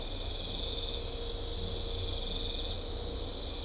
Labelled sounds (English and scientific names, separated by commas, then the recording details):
none
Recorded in secondary vegetation near Puerto Asís, Putumayo, Colombia, on 16 December 2024 at 00:00
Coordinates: 0.500, -76.326
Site G065